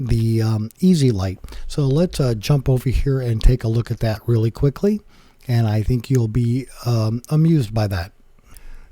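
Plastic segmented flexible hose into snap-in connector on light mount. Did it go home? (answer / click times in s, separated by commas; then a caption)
yes / 8.6 s. Someone talks for most of the clip, then it goes quiet as a segmented plastic flexible-arm (Loc-Line style) hose is pressed with assembly pliers into its plastic snap-in connector on a light mount. A short sharp click at 8.6 s marks the hose snapping into place and seating with a little pressure.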